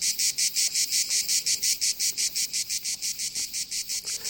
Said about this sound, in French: Voici les cigales envoyées par Thomas Beau.